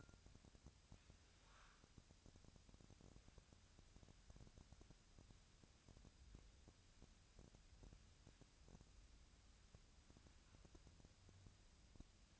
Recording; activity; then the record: daily activity, microphone in the room; wipe stove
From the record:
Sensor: 2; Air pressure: 1006.9 hPa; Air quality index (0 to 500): 198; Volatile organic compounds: 13 ppm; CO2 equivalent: 2422 ppm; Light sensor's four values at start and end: 10/23/10/10 and 10/23/10/10